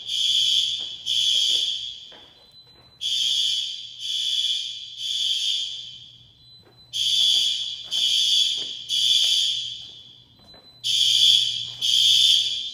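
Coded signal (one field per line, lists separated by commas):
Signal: alarm pattern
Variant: temporal three horn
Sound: harsh buzzing fire alarm horn sounding three blasts, pause, repeating about three times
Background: low hum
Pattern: temporal three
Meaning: The temporal-three pattern is the standard fire evacuation signal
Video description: Test of another Gamewell S3 panel with SpectrAlert Advances.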